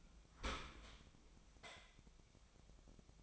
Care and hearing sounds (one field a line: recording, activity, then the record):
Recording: daily activity, microphone in the room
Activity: open dishwasher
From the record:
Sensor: 1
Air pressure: 1003.1 hPa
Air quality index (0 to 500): 196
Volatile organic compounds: 6 ppm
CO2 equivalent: 1876 ppm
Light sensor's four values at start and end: 16/40/17/20 and 16/40/17/20